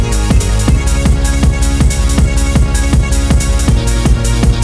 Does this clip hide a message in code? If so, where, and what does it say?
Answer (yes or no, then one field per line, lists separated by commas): no